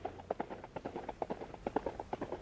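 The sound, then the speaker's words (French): A horse gallops along a hard road at night, its hooves striking in a quick, steady rhythm of sharp, clattering knocks that repeat throughout without any voices. “sur ce grondement diminué se détachait le galop d'un cheval battant la route, de la retombée rythmée de ses sabots.”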